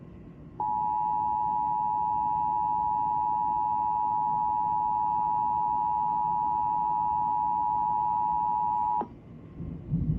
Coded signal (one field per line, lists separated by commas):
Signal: Emergency Alert System (SAME) tones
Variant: 853 and 960 Hz attention tone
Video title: October’s Enhanced Nightmares | EAS Alerts from 10/10/21 (EAS #71-95)